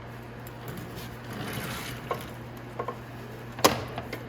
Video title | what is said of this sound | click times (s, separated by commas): How to Replace the Wiring Harness on Your Venom X22R 250cc Motorcycle - Venom Motorsports | and they all lock into place just like that | 3.7 s